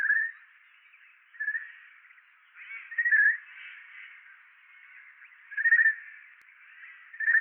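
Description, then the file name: Eurasian jay giving short, slightly rasping calls, a handful spread over several seconds at irregular gaps, with quieter stretches between. "Garrulus glandarius"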